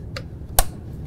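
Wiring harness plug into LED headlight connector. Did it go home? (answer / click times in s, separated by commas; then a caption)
yes / 0.6 s. A wiring harness plug is pushed into the LED headlight connector on a John Deere 835 or 865 Gator, clip side facing the inside of the machine. A faint tick at 0.2 s comes before one sharp, broadband click at 0.6 s, then a very faint tick near 1.1 s. The plug clicks in and is seated.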